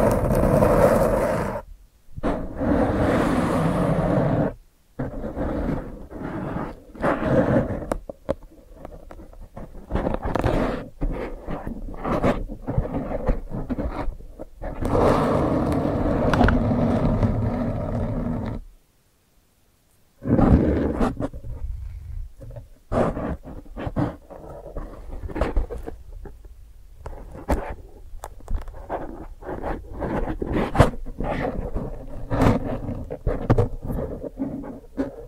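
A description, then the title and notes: Wordless ASMR brain-flossing sounds: thick rustling, crackling stretches broken by sharp taps and clicks that come irregularly, often several per second. Brief gaps interrupt the texture near two and five seconds, and a full silence falls around nineteen seconds before sparser clicking resumes. ASMR Brain Flossing (No Talking).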